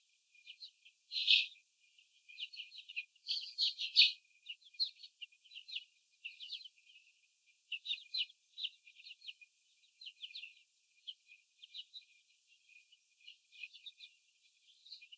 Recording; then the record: young laying hens in a cage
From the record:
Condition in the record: after the stressor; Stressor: sudden umbrella opening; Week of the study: 3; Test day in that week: 2